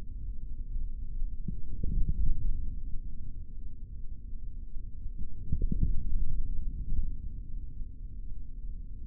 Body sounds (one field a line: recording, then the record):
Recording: forearm muscle sounds (acoustic myography)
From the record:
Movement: forearm pronation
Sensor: system 3, bracelet of six PUI Audio POM-2738L microphones around the upper forearm, with dedicated amplification and filtering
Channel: 3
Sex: male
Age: 23 years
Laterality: right